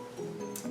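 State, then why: Seated. A 0.4 mm pen is pushed down into clamp A of a cutting machine until it snaps into place. A short, sharp snap is heard at 0.6 s over a steady tonal background, and the pen is seated in the clamp.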